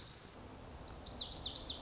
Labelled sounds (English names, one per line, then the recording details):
Lazuli Bunting
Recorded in Sonoma County, California